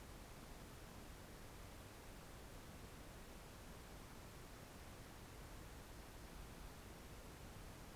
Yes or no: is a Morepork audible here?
no